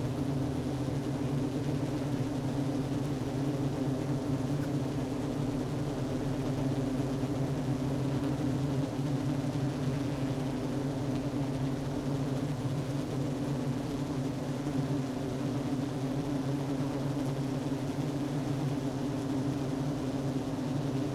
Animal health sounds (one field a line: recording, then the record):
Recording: honeybee colony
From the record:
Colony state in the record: active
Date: 12 June 2018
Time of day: 10:30